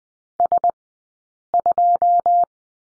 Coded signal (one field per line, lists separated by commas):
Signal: Morse code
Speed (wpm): 20 wpm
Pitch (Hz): 700 Hz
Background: none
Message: S2